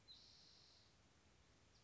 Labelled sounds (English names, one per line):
Spotted Towhee